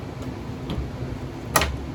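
The latch on a sliding interior door in a 2021 Sunseeker 3050 SF travel trailer clicks into place as the door is slid closed, after being unlocked to slide it. A soft tick at about 0.7 s comes before a sharp click at 1.6 s. The door is seated and locked back into place.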